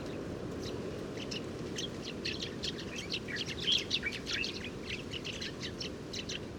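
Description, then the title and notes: Sudan golden sparrows chattering in a flock, with dense high chirps peaking briefly midway against a constant low-pitched background rumble. Family flocks, very common in oases, at Oued Enoicre, Tagant, Mauritania, 7 March 2019; birds gather at an evening roost; recorded in the morning with a Tlp7 and MixPre 3. "Moineau doré ou Moineau jaune - Mauritanie. 7 mars 2019-Oued Enoicre - Tagant - Mauritanie"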